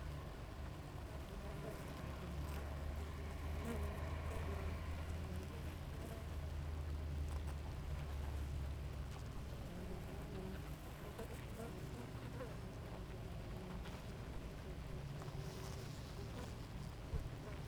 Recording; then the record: honeybee colony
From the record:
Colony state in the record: active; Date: 28 July 2017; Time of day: 5:12